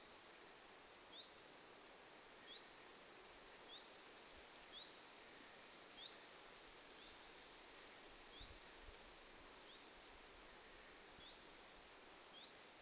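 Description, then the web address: Common chiffchaff uttering ten clear rising 'hweet' notes, one every second or so, against a soft background hiss. Two chiffchaffs giving 'hyit' calls, 21 August 2026. "paivat 21 8 2026 kaksi tiltalttilintua hyit-tiltaltteja"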